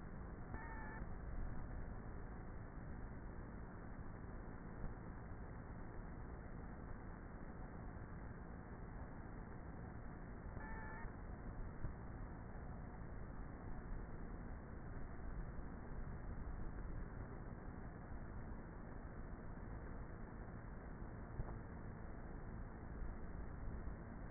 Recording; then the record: honeybee colony, microphone inside the hive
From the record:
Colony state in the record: queenless with a low population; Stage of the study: before two queens were removed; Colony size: about 30,000 bees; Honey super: no